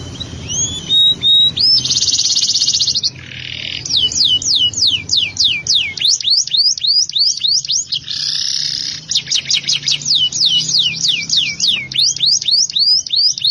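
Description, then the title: Canary delivering varied song: buzzy rapid trills alternating with long series of repeated upswept whistled notes at a steady quick pace. "Kenari"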